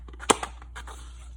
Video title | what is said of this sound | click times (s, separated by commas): Crash Racers figure 8 track set unboxing | all right not too bad click right in together | 0.3 s